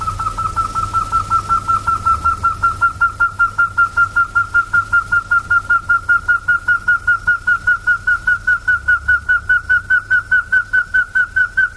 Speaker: それでは南米のクイナはどうでしょう。ウォーミングアップをして鳴いております。